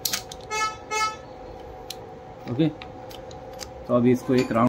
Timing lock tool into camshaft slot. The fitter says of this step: शप का इसमें इजली लॉक हो जाता है ऐसा